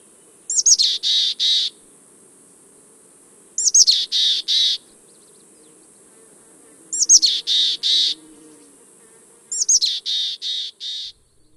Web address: Know Your Bird Sounds Common Western Species 01-Mountain Chickadee